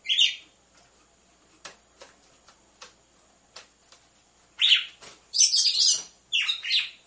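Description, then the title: Red-cowled cardinal producing a harsh note, then after a pause a quick burst of several harsh chattering notes near the end, with tapping clicks in between. Female red-cowled cardinal song used to warm up males, with a beat of two males. "Canto Galo Campina Fêmea 01. ESQUENTE GALO DE CAMPINA COM BATIDA DE DOIS MACHOS"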